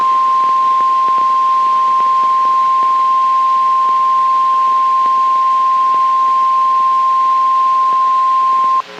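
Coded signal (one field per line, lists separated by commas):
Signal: Emergency Alert System (SAME) tones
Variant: 1050 Hz attention tone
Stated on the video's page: Winter Storm Warning on NOAA Weather Radio WWH23, 162.425 MHz, Buchanan, Georgia.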